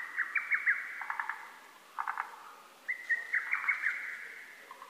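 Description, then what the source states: Lesser cuckoo song: brisk stuttering phrases of sharp notes broken up by short clusters of lower rapid clicks. Recorded on 12 June 2010.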